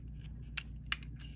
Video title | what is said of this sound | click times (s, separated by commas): Building the Meng 1/32 Fokker DR I Triplane, (The Red Baron Triplane ) | click just like that | 0.6 s, 0.9 s